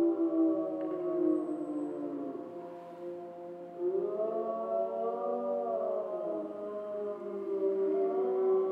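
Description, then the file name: Grey wolf pack howling, overlapping mournful tones that sag midway and then swell again with new rising howls joining in. Wolves recorded in Schorfheide on 29 October 2015. "Wölfe und Kolkrabe Schorfheide 151029"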